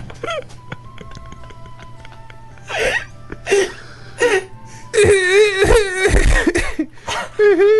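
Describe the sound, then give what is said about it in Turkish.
A person cries and sobs in wavering, high-pitched bursts, short sobbing catches early on giving way to a long, loud wailing stretch with trembling pitch, then a final sob. “Ağlama, beni de ağlatacaksın.”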